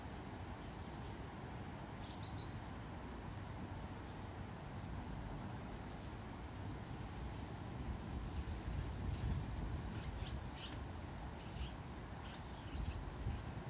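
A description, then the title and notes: A steady low rumble of city traffic fills a garden recording from start to finish. Small birds chirp brightly above it, with a clear call near two seconds and scattered short tweets from about eight to twelve seconds. City sounds and all around recording from my garden.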